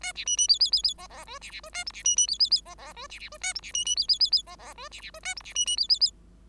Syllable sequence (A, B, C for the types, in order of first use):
A B C C D D D D E E F B B F A G B C C D D D E E F B B F A G B C C D D D D E E F B B F A G B C C D D D